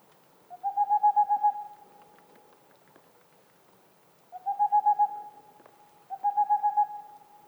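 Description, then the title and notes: Boreal owl song, three runs of fast, mellow, evenly pitched hoots separated by pauses, with faint ticks in the background. Male singing near a black woodpecker nest hole; mountains near the Mediterranean, 2 April 2019, 20:15; homemade parabolic dish, two omnidirectional mics, MixPre-3; heard after nearly two hours' wait. "Une chouette pas si boréale. 02 avril 2019-20h15-en montagne. la Tengmalm boréale ( Aegolius funereus) , pas si boréale que cela car nous sommes aux portes de la méditerranée"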